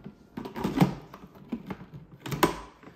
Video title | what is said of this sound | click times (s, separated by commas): Cuisinart 8 Cup Food Processor Review | You hear that click, that's when you know it's secure. | 2.4 s